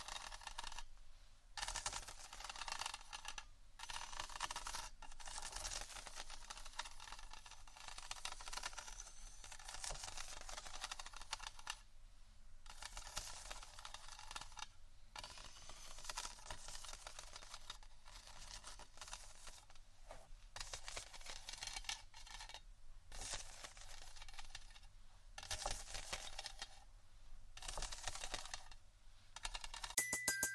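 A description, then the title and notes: Scratching and tapping on various items, a dense, busy stream of bright scrapes and clicks broken by brief pauses, ending in louder taps. ASMR Scratchtap On Various Items （No Talking）.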